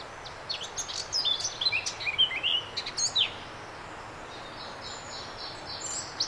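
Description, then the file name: Eurasian blackcap song, a short burst of scratchy, twittering warble mixed with a few clear whistled notes for about three seconds. "Sylvia atricapilla"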